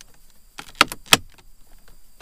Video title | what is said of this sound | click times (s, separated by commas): What Is Wrong With The 2017 Camaro Dash | I just put our trim piece back on snaps right into place just | 0.8 s, 1.1 s